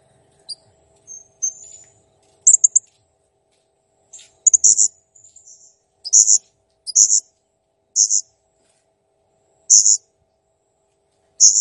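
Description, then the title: Blue-crowned hanging parrot song: high, shrill squeaky notes, first irregular, then repeated every one to two seconds. Clear, lively singing used to train other birds. "Masteran Burung Serindit Masteran Serindit Gacor Jernih"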